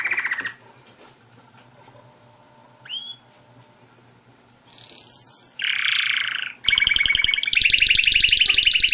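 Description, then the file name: Canary song with a short buzzy burst, a pause, one rising whistle, a high sweep, a dense roll and a fast climbing pulsed trill. "Canary Voice"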